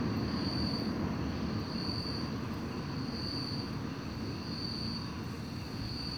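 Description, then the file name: Cricket chorus as a steady high shimmering trill with soft pulsing swells, over a constant low rumble of passing traffic. Chorus of crickets at night in Beija-Flor park, with cars passing. "Coro de grilos no parque beija flor a noite com carros passando"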